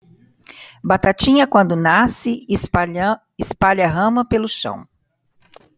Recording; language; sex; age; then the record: short text; Brazilian Portuguese; female; 50 to 59 years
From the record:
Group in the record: control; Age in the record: 54 years